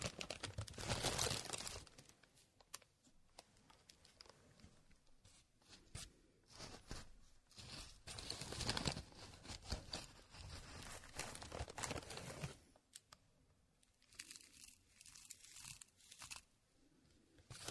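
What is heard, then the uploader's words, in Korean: Walnuts are ground by hand, giving a rough, crackling crunch that comes in dense, irregular bursts. The grinding is heaviest near the start and again around eight to ten seconds, then thins after about thirteen seconds into scattered dry clicks and scrapes. 호두를 직접 갈아보겠습니다. 손으로 직접 갈아먹는 호두.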